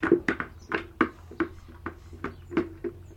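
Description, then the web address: Chicken pecking, sharp dry taps repeated in an uneven run, over a faint low steady hum. Brown Highliner hen, pecking. "Sound Effects-Foundation 1 BIRD CHICKEN HIGHLINER BROWN PECKING"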